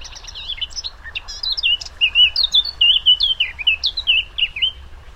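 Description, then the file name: Eurasian blackcap singing a fast, varied warble, opening with squeaky twitters and then flowing into rich, looping whistles that rise and fall steadily for several seconds. "Sylvia atricapilla"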